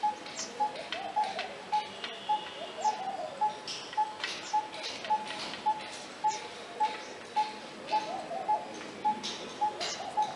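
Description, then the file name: Coppersmith barbet giving a steady series of hollow, mid-pitched 'tuk' notes, nearly two per second, over other sharp clicks and chirps. "Coppersmith barbet alok"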